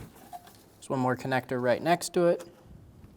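A second plastic engine electrical connector, next to the MAP sensor on a 2000-2007 Ford Focus, is being handled before it is pushed into its mating plug. Someone talks throughout over a quiet background. Nothing has seated or clicked yet.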